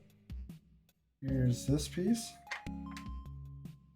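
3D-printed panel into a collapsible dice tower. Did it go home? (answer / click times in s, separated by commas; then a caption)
yes / 2.5 s. A 3D-printed plastic panel with small magnets is pushed onto a collapsible dice tower while someone talks over a low background hum. The panel snaps into place with a sharp click at 2.5 s and sits seated.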